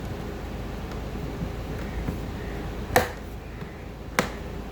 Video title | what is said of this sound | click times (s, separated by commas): How to replace front door check in Kia Sportage | Reinstall the two Phillips head screws, then snap the grab handle trim cover back into place. | 3.0 s, 4.2 s